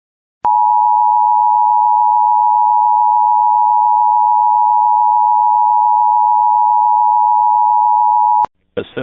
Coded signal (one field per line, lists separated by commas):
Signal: Emergency Alert System (SAME) tones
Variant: 853 and 960 Hz attention tone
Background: speech